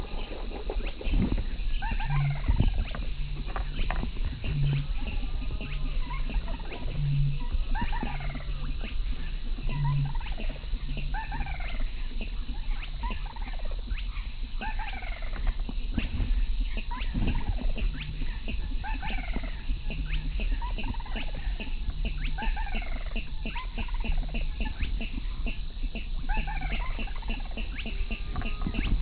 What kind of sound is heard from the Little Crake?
call